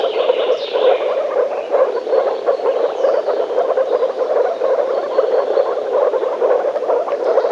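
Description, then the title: Frogs croaking together in an unbroken chorus, with brief high bird calls near the start and middle. Frogs in a forest. "лягушки frogs in the forest"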